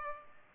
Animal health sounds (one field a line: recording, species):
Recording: mosquito wingbeat signal from an infrared sensor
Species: Culex pipiens